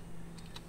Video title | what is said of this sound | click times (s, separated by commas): 👨‍🚒RV ladder - telescoping ladder - convenient - stowable - access entire RV - tips of a firefighter | and then you just pull these sections apart and they just click into place | 0.4 s, 0.6 s